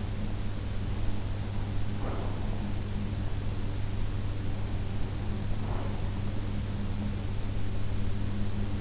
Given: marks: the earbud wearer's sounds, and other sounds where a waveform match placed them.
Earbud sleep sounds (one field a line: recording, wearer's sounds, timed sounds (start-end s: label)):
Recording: sounds in sleep by an in-ear microphone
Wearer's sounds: breath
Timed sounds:
1.74-2.68 s: breath
5.27-6.27 s: breath